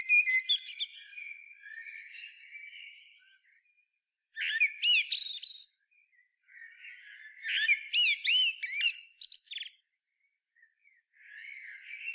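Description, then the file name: Common blackbird song: bright, rapid phrases of upslurred squeaky notes and twitters in three main bursts, with softer thin notes trailing between them. "Turdus merula"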